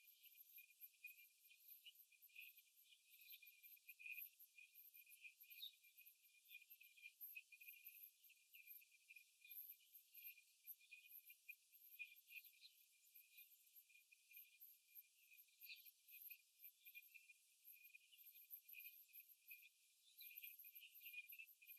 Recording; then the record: young laying hens in a cage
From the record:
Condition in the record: after the stressor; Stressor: simulated dog barking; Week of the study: 3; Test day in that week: 2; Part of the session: 3